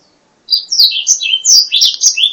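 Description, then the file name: Black-throated laughingthrush song, a rich, quick tumble of clear whistles and slurred warbling notes, rising and falling without pause. "suara kicauan burung blacksang. omkicau"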